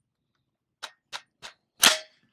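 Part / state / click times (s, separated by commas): steel sliding latch / seated / 0.8 s, 1.8 s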